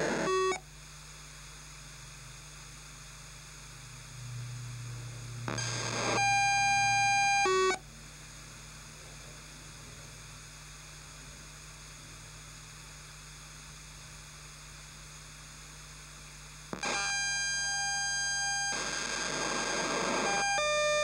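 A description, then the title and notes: A radio transmission on 152 MHz: a steady bed of soft hiss and low hum, broken by two louder bursts of bright tones and static, one around six to eight seconds and another from about seventeen seconds to the end. This was recorded on an old multiband radio at 152Mhz some time around 2005. Seems like this was a POCSAG (paging) transmission. Transmission at 152 MHz.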